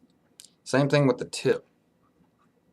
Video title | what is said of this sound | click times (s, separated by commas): My new VapeMate | take it like this and push and twist at the same time and it'll snap into place | 0.4 s